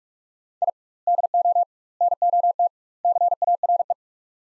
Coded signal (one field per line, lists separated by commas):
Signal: Morse code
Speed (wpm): 41 wpm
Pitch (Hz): 700 Hz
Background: none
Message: I DO NOT CARE